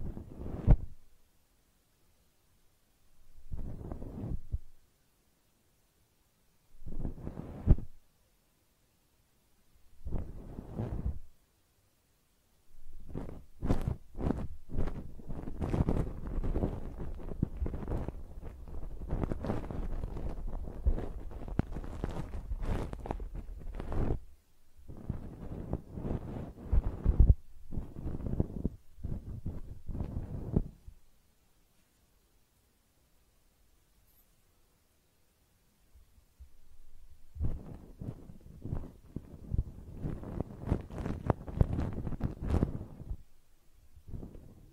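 Close-up ear cleaning, with muffled rubbing and rumbling right against the microphone. Short bursts of scraping come in the first twelve seconds, then a long dense stretch of crackly friction, a pause near thirty-two seconds, and more rubbing toward the end.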